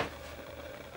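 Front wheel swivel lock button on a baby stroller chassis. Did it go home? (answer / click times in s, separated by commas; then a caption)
no / none. Someone handles the front wheel swivel lock button on the front of the plastic and metal chassis of a Foppapedretti MYO Ice Cream 3-in-1 baby stroller; the lock keeps the front wheels from swiveling on uneven roads. A short burst of noise at the start fades into a steady low hum with a faint tone throughout. The lock has not clicked into place yet.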